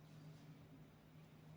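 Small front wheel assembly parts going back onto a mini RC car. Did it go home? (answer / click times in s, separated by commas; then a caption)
no / none. Small front wheel assembly parts of a 1/76 scale Turbo Racing RC car are lined up by hand to go back onto the car during a deep cleaning. Only a steady low hum and soft background noise are heard, with no sharp sounds. Nothing has clicked into place yet.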